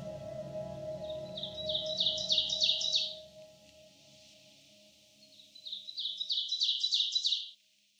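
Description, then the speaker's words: Ovenbird song: two crisp phrases of repeated two-syllable notes, each growing louder over a second or two, with a quiet pause between them and a faint low hum. Drab thrush-like warbler of deep hardwood forests of eastern North America, named for covered nests resembling a Dutch oven; song easily recognized, remembered as 'teacher, teacher, teacher'. "Their song is easily recognized and can be remembered with the mnemonic, "Teacher, teacher, teacher.""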